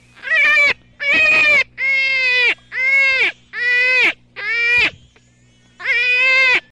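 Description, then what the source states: Jackrabbit squeals: seven drawn-out, strident cries, steady in pitch, with a longer pause before the last, over a faint low hum. Juvenile.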